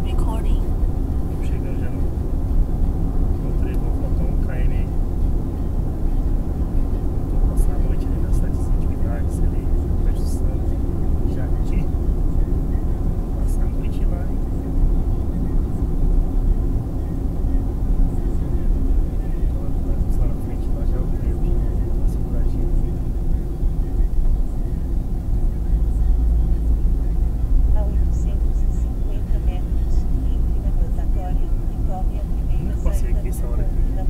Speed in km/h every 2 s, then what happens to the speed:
83, 83, 83, 84, 82, 79, 77, 76, 75, 74, 70, 65, 63, 64, 65, 64, 63.
0-7 steady at about 83. 7-23 slows to 63. 23-34 steady at about 64.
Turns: none.